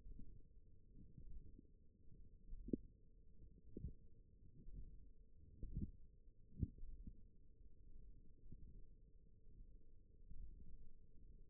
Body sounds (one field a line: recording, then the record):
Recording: forearm muscle sounds (acoustic myography)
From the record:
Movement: ulnar deviation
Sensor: system 1, eight BSWA MPA416 microphones around the upper forearm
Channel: 1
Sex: female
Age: 20 years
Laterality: right